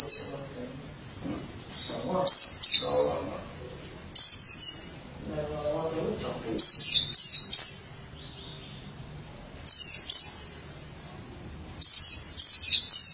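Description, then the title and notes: White-eye song: repeated bursts of high, rapid twittering phrases every few seconds, with soft low rustling noise between them. "Suara kicauan burung pleci"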